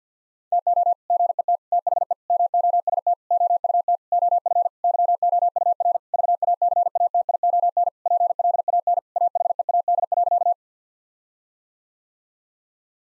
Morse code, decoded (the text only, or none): TO GET THE MOST OUT OF YOUR VACATION PLAN AHEAD.